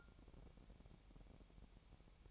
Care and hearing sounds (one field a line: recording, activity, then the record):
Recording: daily activity, microphone in the room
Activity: take from stove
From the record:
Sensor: 1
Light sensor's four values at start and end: 65/154/65/67 and 65/154/65/67